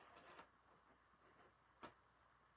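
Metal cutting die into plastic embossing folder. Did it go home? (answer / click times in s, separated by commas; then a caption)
yes / 1.8 s. A thin metal cutting die is laid into a plastic hybrid embossing folder and pressed to line up with the embossed letters, snapping into place with a very quiet click at 1.8 s. A faint earlier tick near 0.4 s sits over low background noise. The die is then held firmly in the folder.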